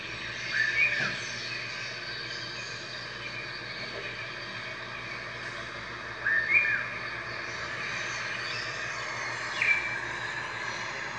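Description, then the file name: Red-whiskered bulbul calling with three brief inflected chirps, separated by several seconds, against a constant noisy background. "Red-whiskered Bulbul Voice"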